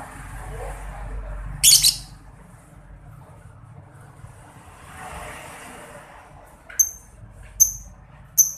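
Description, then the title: Lovebird calls: one raspy high burst early on, then after a quiet stretch three crisp, evenly spaced chirps near the end. Masteran therapy recording meant to make a labet lovebird quickly produce long ngekek (ngekek panjang). "Kicau Lovebird SUPER GILA !!! Terapi Masteran LABET Terbaik Agar Labet Cepet NGEKEK PANJANG"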